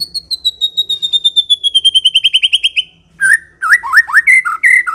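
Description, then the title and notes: White-rumped shama song: a fast series of many repeated notes falling slowly in pitch, followed by a burst of varied rich whistled phrases. Long-duration lure (pikat) of white-rumped shama song, used to attract birds. "Pikat Murai Batu Durasi Panjang. Burung Murai Batu"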